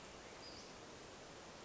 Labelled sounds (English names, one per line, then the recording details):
Western Flycatcher
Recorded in Sonoma County, California